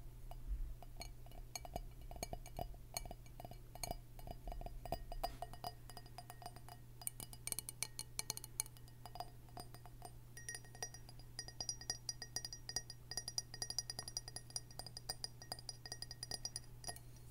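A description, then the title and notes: Glass is tapped in quick, uneven bursts of bright clinks that run through the whole clip, thickest around the seven-to-nine-second mark. A steady low hum sits underneath throughout, and after ten seconds a thin high ringing tone lingers above the taps. ASMR Nothing But Glass (glass tapping for sleep).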